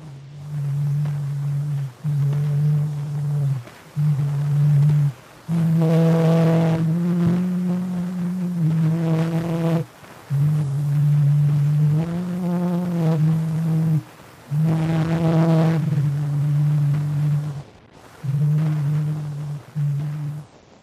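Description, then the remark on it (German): A phonautograph recording made on 9 April 1860 by Édouard Léon Scott de Martinville, singing Au clair de la lune in a low voice through a funnel with a membrane, traced by a pig bristle onto a soot-blackened cylinder: slow held buzzy notes in short phrases with brief pauses, heavily distorted, no accompaniment. “Über einen Trichter mit Membran übertrug er seinen Gesang mittels einer Schweinsborste auf einen rußgeschwärzten Zylinder.”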